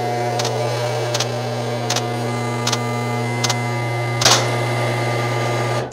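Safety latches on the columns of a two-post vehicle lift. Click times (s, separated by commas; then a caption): 0.4 s, 1.2 s, 1.9 s, 2.7 s, 3.5 s. A two-post car lift is raised above the lock line while the steel safety latches on its columns ratchet over the catches, under a steady low motor hum. Sharp latch clicks come in even succession at 0.4, 1.2, 1.9, 2.7 and 3.5 s, followed by a louder burst near 4.3 s before the sound cuts off. The safety latches are confirmed engaged.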